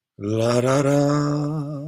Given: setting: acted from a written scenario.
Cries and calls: vocal sound without words; serenity

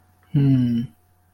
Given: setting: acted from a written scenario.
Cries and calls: vocal sound without words; neutral

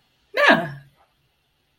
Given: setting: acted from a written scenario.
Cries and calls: vocal sound without words; positive surprise

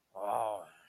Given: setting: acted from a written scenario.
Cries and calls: vocal sound without words; confusion

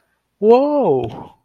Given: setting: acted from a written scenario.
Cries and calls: vocal sound without words; positive surprise

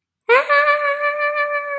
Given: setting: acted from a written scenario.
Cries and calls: vocal sound without words; fear

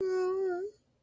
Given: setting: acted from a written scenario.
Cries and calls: vocal sound without words; distress

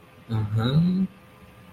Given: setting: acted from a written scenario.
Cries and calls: vocal sound without words; desire

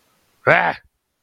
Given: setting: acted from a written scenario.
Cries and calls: vocal sound without words; anger

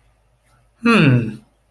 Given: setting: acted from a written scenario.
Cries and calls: vocal sound without words; interest

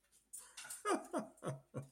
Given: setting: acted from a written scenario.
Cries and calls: vocal sound without words; amusement

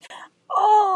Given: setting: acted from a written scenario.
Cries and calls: vocal sound without words; sadness

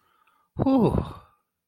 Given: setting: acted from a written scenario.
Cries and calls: vocal sound without words; relief

